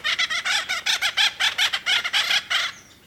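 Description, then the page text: Acorn Woodpecker calls: a fast series of many raspy, nasal notes in quick succession. Highly social Acorn Woodpeckers living in family groups, whose community ties are disrupted by wildfire smoke. "At Hastings Natural History Preserve in California, Acorn Woodpeckers"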